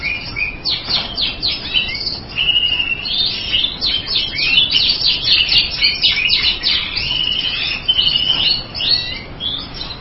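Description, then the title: Bird song, a rapid jumble of chirps, twitters and short whistles running without a break, over constant rough background noise. "burung"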